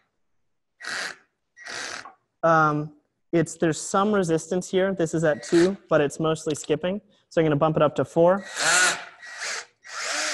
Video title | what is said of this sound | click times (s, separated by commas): Thread Testing: Helicoil Insert and Installation (Part 2 of 4) | already that has stripped out the hole with | none